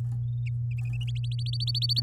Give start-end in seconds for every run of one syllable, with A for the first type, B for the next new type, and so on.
1.16-2.02 A